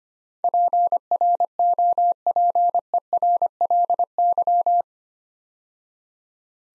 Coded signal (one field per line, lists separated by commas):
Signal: Morse code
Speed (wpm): 25 wpm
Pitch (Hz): 700 Hz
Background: none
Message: PROPERLY